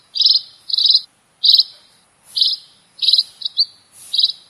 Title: Erythrura Psittacea